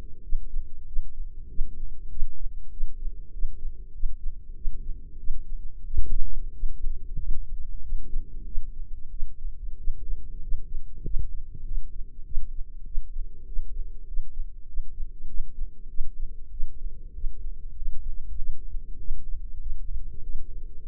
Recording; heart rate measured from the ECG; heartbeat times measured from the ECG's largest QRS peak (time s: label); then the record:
heart sounds by microphone in the right ear; 96 bpm
0.22 s: heartbeat
0.86 s: heartbeat
1.48 s: heartbeat
2.10 s: heartbeat
2.71 s: heartbeat
3.32 s: heartbeat
3.93 s: heartbeat
4.55 s: heartbeat
5.18 s: heartbeat
5.85 s: heartbeat
6.53 s: heartbeat
7.18 s: heartbeat
7.82 s: heartbeat
8.45 s: heartbeat
9.10 s: heartbeat
9.77 s: heartbeat
10.41 s: heartbeat
11.03 s: heartbeat
11.64 s: heartbeat
12.24 s: heartbeat
12.85 s: heartbeat
13.46 s: heartbeat
14.06 s: heartbeat
14.67 s: heartbeat
15.27 s: heartbeat
15.88 s: heartbeat
16.50 s: heartbeat
17.13 s: heartbeat
17.75 s: heartbeat
18.36 s: heartbeat
18.98 s: heartbeat
19.59 s: heartbeat
20.22 s: heartbeat
20.84 s: heartbeat
From the record:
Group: healthy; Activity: rest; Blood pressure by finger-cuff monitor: 125/70 mmHg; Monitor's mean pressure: 84 mmHg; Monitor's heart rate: 97 bpm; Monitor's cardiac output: 8.6 L/min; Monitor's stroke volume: 90 mL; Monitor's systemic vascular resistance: 710 dyn s/cm5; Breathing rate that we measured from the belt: 17 breaths a minute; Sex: male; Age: 19 years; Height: 178 cm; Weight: 83 kg